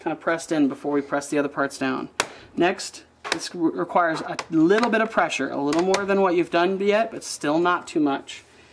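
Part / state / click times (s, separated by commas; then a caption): plastic panel clips into laptop chassis / not seated / none. Someone talks while handling the plastic panel of an ASUS G53JW laptop during a second hard drive install, preparing to press it down with moderate pressure so its clips snap back into the chassis. A few brief handling sounds occur between the speech. The panel clips have not seated or clicked yet.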